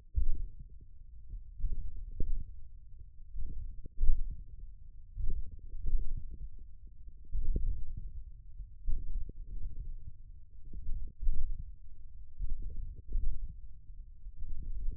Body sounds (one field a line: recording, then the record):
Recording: forearm muscle sounds (acoustic myography)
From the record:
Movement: hand closing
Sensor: system 1, eight BSWA MPA416 microphones around the upper forearm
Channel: 6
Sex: male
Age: 28 years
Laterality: right